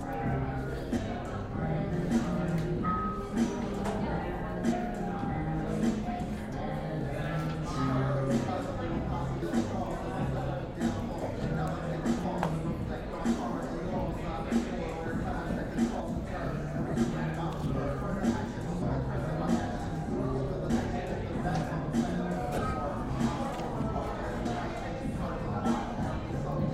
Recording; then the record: background sound without coughing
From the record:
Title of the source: 60 minutes of coffee shop sounds for study and concentration